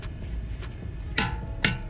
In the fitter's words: if you hear that click you're good to go